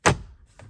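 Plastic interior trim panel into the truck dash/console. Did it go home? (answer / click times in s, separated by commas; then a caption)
yes / 0.6 s. A plastic interior trim panel is pressed back into the truck's dash/console while a Ford 6.7 shift-on-the-fly switch is being installed. A loud broadband thud opens the clip near 0.1 s, then fades into a low rumble. A short snap at 0.6 s marks the panel seating into place.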